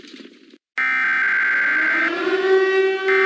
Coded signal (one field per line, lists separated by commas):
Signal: Emergency Alert System (SAME) tones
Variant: header bursts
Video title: Mega Murderers on the loose An EAS Scenario